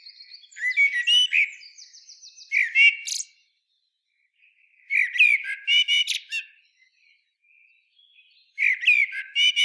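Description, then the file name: Common blackbird singing four fluted, warbling phrases, each finishing with thin, scratchy high notes, with short quiet gaps between them. "Turdus merula"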